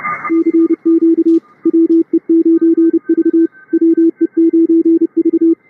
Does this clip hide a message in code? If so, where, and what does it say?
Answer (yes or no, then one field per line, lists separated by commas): yes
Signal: Morse code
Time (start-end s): 0.3-5.5 s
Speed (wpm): 30 wpm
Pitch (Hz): 330 Hz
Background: radio noise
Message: CQ WE9V WE9V